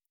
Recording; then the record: hydrophone in a shrimp aquaculture tank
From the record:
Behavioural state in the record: normal